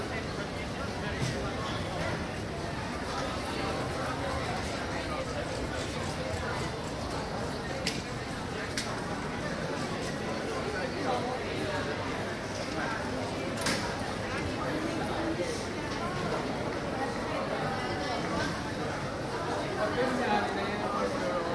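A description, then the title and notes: Travelers at Amsterdam Airport Schiphol fill the air with a steady, dense murmur of many overlapping voices, none standing out for long. Occasional sharp clicks and clatters cut through every few seconds, around 8, 9 and 14 seconds, over a constant low rumble. Schiphol Plaza. Binaural recording of travelers at Amsterdam Airport Schiphol on a busy summer day. Schiphol is a so-called 'silent airport,' meaning no flight announcements are made.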